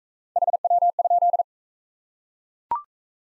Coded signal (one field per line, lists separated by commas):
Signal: Morse code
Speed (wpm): 38 wpm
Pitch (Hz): 700 Hz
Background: none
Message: HW?